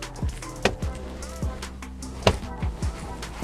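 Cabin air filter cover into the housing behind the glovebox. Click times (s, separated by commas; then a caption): 0.7 s, 2.3 s. The plastic cabin air filter access cover of a Toyota Venza is pushed back into its housing behind the glovebox, with its two side tabs going into their holes. Two sharp plastic clicks at 0.7 s and 2.3 s mark the tabs snapping in, and the cover is seated. Music plays in the background.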